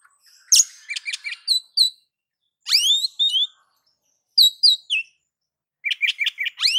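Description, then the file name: Oriental magpie-robin song: a harsh note and fast chips, then loud upslurred whistles and clipped falling notes in separate phrases. "Suara-Kacer-Versi-7"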